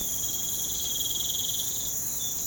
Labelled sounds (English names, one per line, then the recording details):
none
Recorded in pastures near Puerto Asís, Putumayo, Colombia, on 25 June 2025 at 04:00
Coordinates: 0.472, -76.331
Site G095